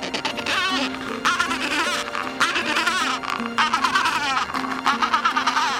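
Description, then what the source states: Penguins calling: buzzy, wavering brays in several bursts, over a low humming background. Adélie penguins nesting, with some gentoo penguin nests, at Brown Bluff, Antarctica.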